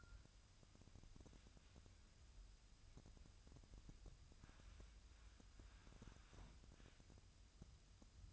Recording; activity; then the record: daily activity, microphone in the room; wipe stove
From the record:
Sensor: 2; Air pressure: 1004.6 hPa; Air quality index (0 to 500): 78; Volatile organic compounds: 1 ppm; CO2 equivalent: 928 ppm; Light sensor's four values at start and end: 7/16/6/6 and 7/16/6/6